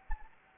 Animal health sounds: mosquito wingbeat signal from an infrared sensor; Anopheles gambiae

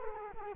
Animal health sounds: mosquito wingbeat signal from an infrared sensor; Culex quinquefasciatus

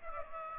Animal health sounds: mosquito wingbeat signal from an infrared sensor; Aedes aegypti

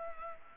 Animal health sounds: mosquito wingbeat signal from an infrared sensor; Culex pipiens

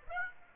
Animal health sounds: mosquito wingbeat signal from an infrared sensor; Aedes aegypti

